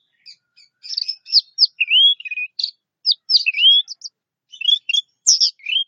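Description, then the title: Orange-headed thrush song, a hurried jumble of high chirps, slurred rising whistles and twittering notes, delivered almost without pause. "Anis Merah"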